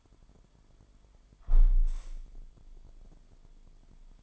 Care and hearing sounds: daily activity, microphone in the room; close window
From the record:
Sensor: 5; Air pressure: 998.6 hPa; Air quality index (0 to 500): 100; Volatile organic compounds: 2 ppm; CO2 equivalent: 1166 ppm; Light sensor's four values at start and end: 34/84/35/39 and 34/84/35/39

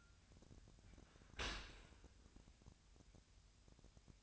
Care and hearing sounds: daily activity, microphone in the room; open dishwasher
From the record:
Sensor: 2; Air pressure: 1006.5 hPa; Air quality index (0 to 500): 202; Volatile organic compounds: 15 ppm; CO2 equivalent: 2478 ppm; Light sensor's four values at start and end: 9/21/9/9 and 9/21/9/9

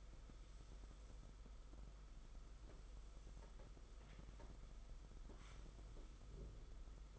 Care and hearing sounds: daily activity, microphone in the room; sweep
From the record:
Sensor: 5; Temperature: 22.1 degrees Celsius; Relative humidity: 50.0%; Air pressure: 991.5 hPa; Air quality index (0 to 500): 120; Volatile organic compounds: 44 ppm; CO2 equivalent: 3207 ppm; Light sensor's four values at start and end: 42/132/50/54 and 42/133/50/54

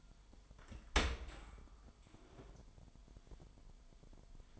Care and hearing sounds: daily activity, microphone in the room; open dishwasher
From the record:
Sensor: 5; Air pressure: 998.3 hPa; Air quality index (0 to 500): 86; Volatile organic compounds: 1 ppm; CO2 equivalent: 974 ppm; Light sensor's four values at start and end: 20/46/19/21 and 19/46/19/21

